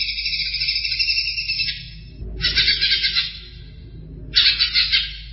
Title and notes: Kicau Burung Cucak Ijo Juara. Suara kicauan burung cucak ijo